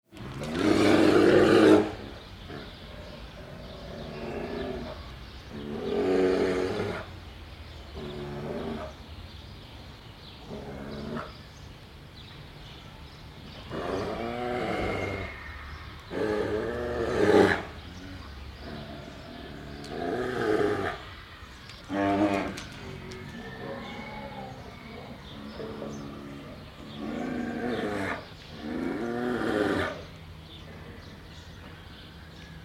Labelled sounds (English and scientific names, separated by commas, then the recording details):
Brown Bear (Ursus arctos)
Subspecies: middendorffi
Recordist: Tembrock, Günter